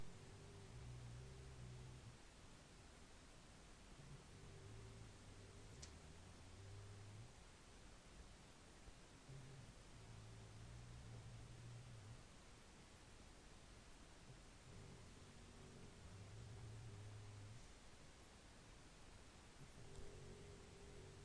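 Repeated low-pitched snoring from an adult sleeper, heard against steady background hiss.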